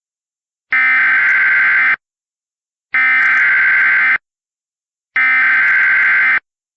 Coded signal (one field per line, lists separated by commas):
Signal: Emergency Alert System (SAME) tones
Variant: header bursts